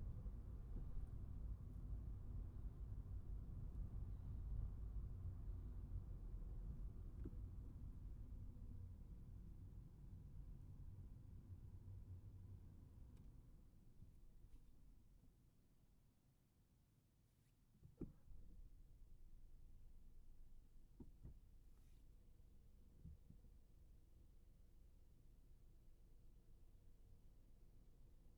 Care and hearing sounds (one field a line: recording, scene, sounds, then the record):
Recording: everyday scene through a hearing-aid microphone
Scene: in a vehicle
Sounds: engine, traffic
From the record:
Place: Skoda Fabia, gasoline engine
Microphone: behind the ear, right, rear